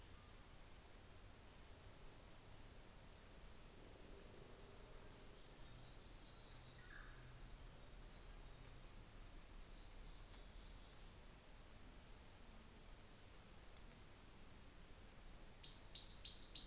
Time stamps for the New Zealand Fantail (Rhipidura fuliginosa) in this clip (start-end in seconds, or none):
0.01-3.10, 3.44-5.45, 11.77-14.91